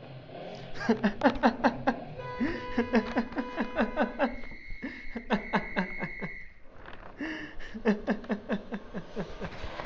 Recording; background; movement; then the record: laughter; traffic; sitting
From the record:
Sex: male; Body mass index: 21.0 kg/m2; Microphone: on the chest, facing outward